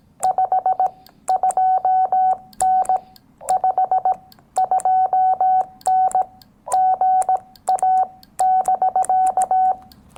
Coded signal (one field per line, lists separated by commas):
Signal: Morse code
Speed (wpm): 18 wpm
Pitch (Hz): 750 Hz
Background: none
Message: 52N 52N GA <BK>